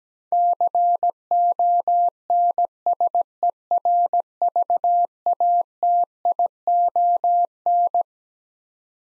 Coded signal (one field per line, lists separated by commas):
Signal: Morse code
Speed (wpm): 17 wpm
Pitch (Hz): 700 Hz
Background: none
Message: CONSERVATION